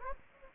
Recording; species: mosquito wingbeat signal from an infrared sensor; Anopheles gambiae